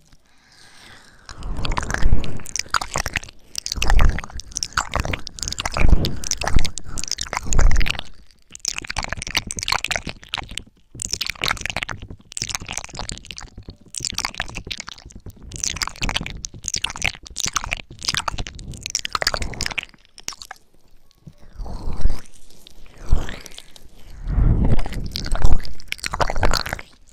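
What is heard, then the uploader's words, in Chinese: Ear licking and mouth sounds: wet smacks, clicks and soft squishy chewing noises come in quick, dense bursts almost continuously. Short pauses break the flow around eight, ten and twenty seconds, and the sounds range from low thumps to bright, crisp clicks. 舔耳+口腔音。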